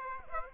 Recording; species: mosquito wingbeat signal from an infrared sensor; Aedes aegypti